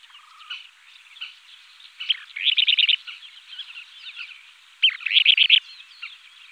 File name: kentish plover